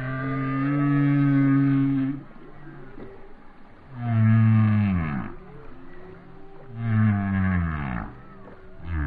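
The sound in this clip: Whale song of three long, rich, low moans, each sliding downward at its end, separated by quieter gaps.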